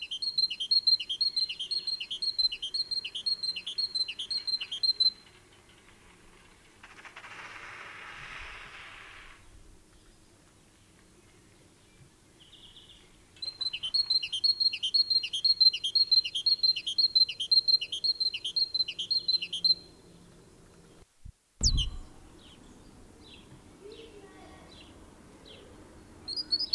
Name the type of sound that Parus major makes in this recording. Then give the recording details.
song. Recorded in the wild. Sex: pair. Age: adult. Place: Garmisch-Partenkirchen, Bayern, DE. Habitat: urban area. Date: 1968-04-22. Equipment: Nagra, Vollspur. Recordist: Tretzel, Erwin